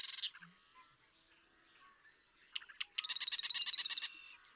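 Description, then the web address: Marsh Wren song: a few scratchy introductory notes, then a fast buzzy rattling trill of rapid repeated high notes lasting about a second. "birdsongforthecurious Marsh Wren"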